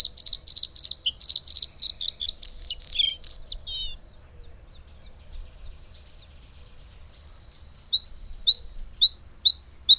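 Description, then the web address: Bluethroat song: a quick run of repeated high chirping notes and buzzy slurred phrases, then quieter scattered whistles and evenly spaced sharp ticks. "Madardalok - Kékbegy"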